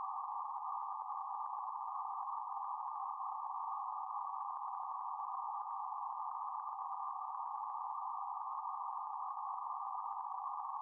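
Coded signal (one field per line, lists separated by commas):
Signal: PSK31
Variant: BPSK31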